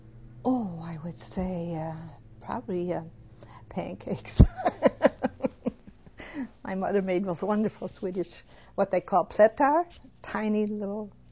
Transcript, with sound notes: Oh, I would say probably pancakes. ( she laughs ) My mother made the most wonderful Swedish, what they call pleta, tiny little